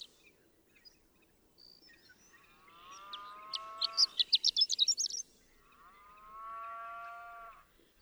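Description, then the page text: Horned lark singing a quick rising flourish of high tinkling notes, with two long, low, harmonic cattle moos, one overlapping its start and one after it. Daytime intermittent singing, a few stuttered notes rising to a rapid, slurred flourish, with cattle nearby; Marble Hot Springs Road, Sierra Valley, California, 7 June 2001. "Birdsong for the Curious Naturalist. Horned lark"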